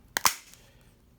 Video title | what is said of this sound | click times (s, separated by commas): TAHOE / SUBURBAN SMART KEY FOB BATTERY REPLACEMENT | it back in snaps back in real tight nice and neat | 0.2 s